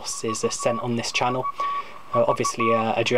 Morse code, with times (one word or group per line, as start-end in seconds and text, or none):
0.3-0.8 U
1.4-2.8 AV